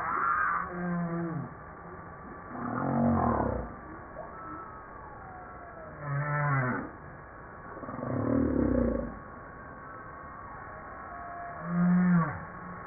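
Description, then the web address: Humpback whale song with low moans, buzzy harmonic groans sweeping downward and a thin steady tone, phrases repeating every few seconds. Recorded 5 March 1994. "PMahe Voile'Ocean 940305 HUMPBACK"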